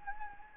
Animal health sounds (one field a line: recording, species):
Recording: mosquito wingbeat signal from an infrared sensor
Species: Anopheles gambiae